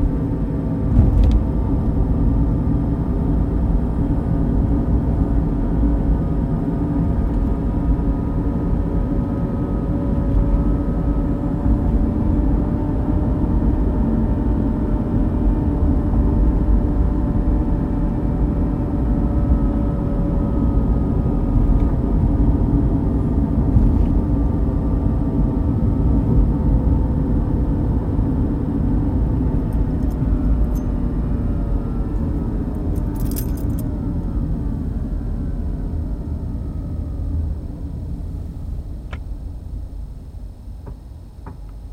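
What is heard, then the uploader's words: Highway driving with a deep, steady road rumble filling the low end throughout. Soft humming tones hold above it, drifting slightly in pitch, then fade and thin out over the last ten seconds. A few brief clicks and a short rattle appear near the end. Highway driving sounds and soft humming.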